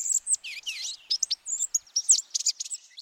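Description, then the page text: Blue-gray Gnatcatcher giving a rapid, jumbled run of high squeaky, buzzy and chattering notes, irregular and tumbling. Slim 4½-inch bird of the East, Midwest and parts of the West; forages actively in trees and bushes for small bugs, often hovering briefly and flaring its long black-and-white tail. "BirdNote Daily Podcast - Blue-gray Gnatcatcher"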